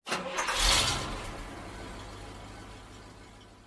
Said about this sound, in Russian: Пожарные быстро скользят вниз по спусковому столбу, надевают защитную экипировку и заводят двигатели пожарных машин.